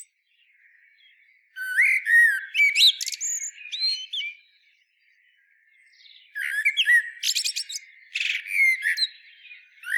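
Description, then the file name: Eurasian blackbird singing two phrases, each a mellow fluted warble that breaks into thin, high, squeaky twittering. Quiet gaps come before and between them. "Turdus merula"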